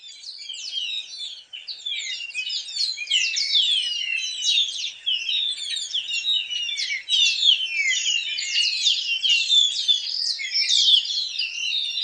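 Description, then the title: Greyish baywing song, a busy stream of squeaky, chattering high notes running without pause. "LuckyPassaro Completos2Sama. Baywing (Agelaioides badius)"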